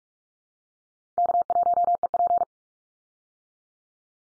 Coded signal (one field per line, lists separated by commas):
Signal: Morse code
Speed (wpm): 44 wpm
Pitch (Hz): 700 Hz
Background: none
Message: K1EP